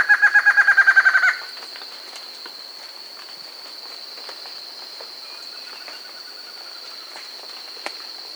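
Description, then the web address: Chestnut-backed antshrike ending a rapid run of notes at the start, followed by a long stretch of a steady high whine and faint background sounds. South America. "Natures Songs S America Chestnut-Backed Antshrike"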